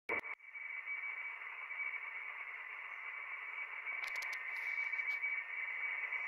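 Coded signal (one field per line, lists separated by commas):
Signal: RTTY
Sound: continuous rapid warbling between two close high tones over hiss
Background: radio static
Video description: Neste Vídeo estou a mostrar uma Transmissão de Radio Teletype RTTY Weather Forecasts, na onda curta em 11.036 USB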